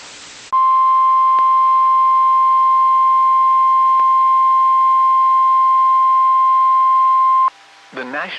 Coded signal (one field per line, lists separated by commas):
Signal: Emergency Alert System (SAME) tones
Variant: 1050 Hz attention tone